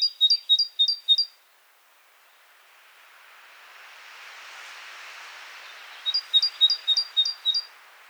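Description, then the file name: Great tit singing a quick series of high two-note phrases, then a swelling rush of noise like a passing vehicle, followed by a second run of phrases. "Parus major"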